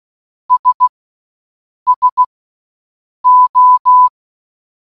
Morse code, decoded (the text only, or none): S SO